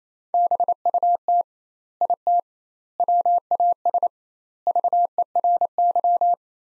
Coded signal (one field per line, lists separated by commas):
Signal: Morse code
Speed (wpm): 28 wpm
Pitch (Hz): 700 Hz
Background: none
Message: BUT IT WAS VERY